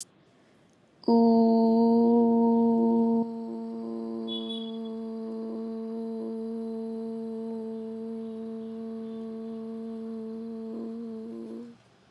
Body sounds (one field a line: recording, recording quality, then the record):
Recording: sustained vowel as in boot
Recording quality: excellent, no background noise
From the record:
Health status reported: COVID-19 positive, mild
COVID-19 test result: positive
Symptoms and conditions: cough, cold, sore throat, fever, loss of smell and taste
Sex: female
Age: 20 years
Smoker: not ticked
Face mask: not worn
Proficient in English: yes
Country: India